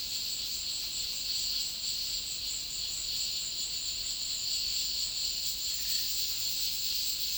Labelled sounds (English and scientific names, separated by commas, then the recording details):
none
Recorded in dense forest near Puerto Asís, Putumayo, Colombia, on 21 February 2024 at 16:00
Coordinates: 0.502, -76.324
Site G6370